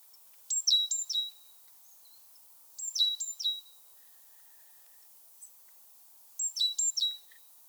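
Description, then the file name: Great tit calls, sharp high down-slurred notes in quick clusters of three or four, repeated three times with short pauses between. "Parus major"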